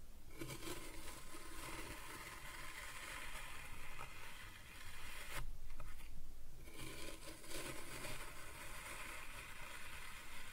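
Kinetic sand is cut and scooped in a continuous, dense gritty crunching and scraping that fills the whole clip. The texture stays fairly even, with a brief quieter dip near five seconds, then louder, coarser scraping from about five and a half seconds on.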